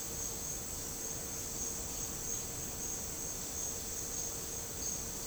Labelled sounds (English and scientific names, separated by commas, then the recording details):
none
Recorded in dense forest near Puerto Asís, Putumayo, Colombia, on 9 March 2025 at 15:00
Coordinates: 0.467, -76.328
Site G041